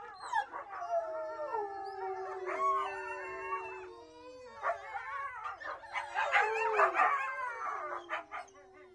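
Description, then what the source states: Wolf: wolves in chorus, several overlapping wavering howls and high whines sliding up and down, with short yips and bark-like bursts. Wolf pack at close range, whining, barking and howling.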